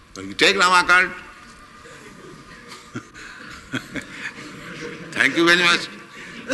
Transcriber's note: laughs